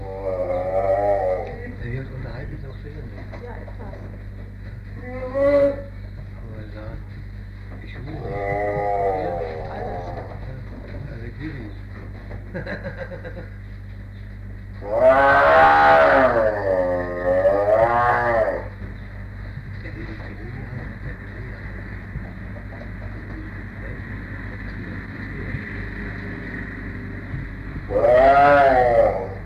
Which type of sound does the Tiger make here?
call